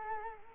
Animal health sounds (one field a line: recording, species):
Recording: mosquito wingbeat signal from an infrared sensor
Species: Culex quinquefasciatus